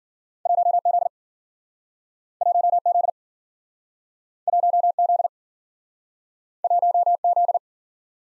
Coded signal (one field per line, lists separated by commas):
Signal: Morse code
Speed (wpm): 53 wpm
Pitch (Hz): 700 Hz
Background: none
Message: 1Z 1Z 1Z 1Z